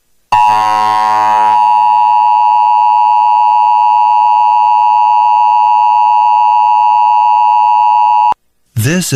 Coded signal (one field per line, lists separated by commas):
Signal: Emergency Alert System (SAME) tones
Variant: 853 and 960 Hz attention tone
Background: speech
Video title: NATIONAL EAS TEST OCTOBER 4 2023 AS SEEN AND HEARD IN LAREDO, TX + ALERT IN SPANISH (EAS #99-107)